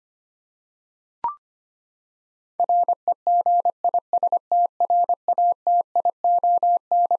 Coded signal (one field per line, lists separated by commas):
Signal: Morse code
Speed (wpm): 25 wpm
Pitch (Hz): 700 Hz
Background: none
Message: REGISTRATION